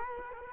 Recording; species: mosquito wingbeat signal from an infrared sensor; Culex quinquefasciatus